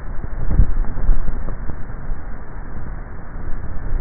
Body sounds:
swallowing sounds by neck microphone; 1
0.35-1.75 s: swallow
From the record:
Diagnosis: dysphagia

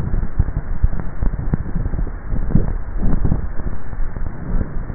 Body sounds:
swallowing sounds by neck microphone; 1
2.02-3.52 s: swallow
From the record:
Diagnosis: dysphagia

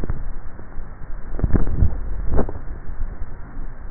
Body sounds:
swallowing sounds by neck microphone; 1
1.48-2.38 s: swallow
From the record:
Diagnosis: dysphagia

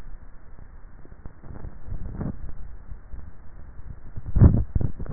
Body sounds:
swallowing sounds by neck microphone; 1
2.88-3.62 s: swallow
From the record:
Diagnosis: dysphagia

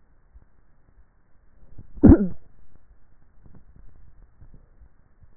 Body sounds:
swallowing sounds by neck microphone; 1
3.92-4.75 s: swallow
From the record:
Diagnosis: dysphagia

